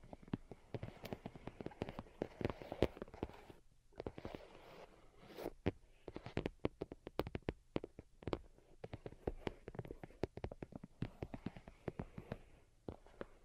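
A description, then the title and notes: Delicate tapping goes on throughout, a quick, irregular stream of sharp little clicks and taps, some soft and some crisper. The pace varies without settling into a beat, with a brief lull just before four seconds and a faint hiss underneath. Most Delicate and Calming Tapping.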